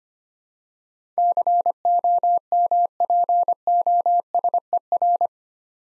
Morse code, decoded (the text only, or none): COMPOSER